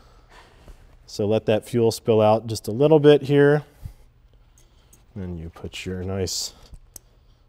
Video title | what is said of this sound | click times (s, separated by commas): Cummins Repower Garage Video 4: Fuel System | in there until you hear it seat you'll hear it snap those two white retainers pop back out so | 7.0 s